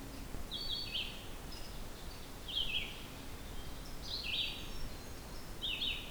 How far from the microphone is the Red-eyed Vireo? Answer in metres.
about 30 m